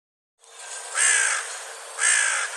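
Bird, a pair of coarse, nasal caws roughly a second apart.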